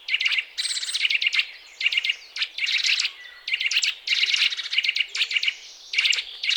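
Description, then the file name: Eurasian nuthatch delivers bright, repeated chirps strung into rattling phrases, with almost continuous activity throughout. "Sitta europaea"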